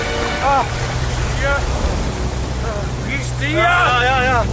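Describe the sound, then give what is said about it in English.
A steady, dense roar of water rushing up a shaft like a water spout after reaching the bottom of the gulf, with a low rumbling hum beneath, while several voices speak and exclaim over it, one rising louder near the end. “I feel it too, as if we're on some sort of water spout. The water has reached the bottom of the gulf.”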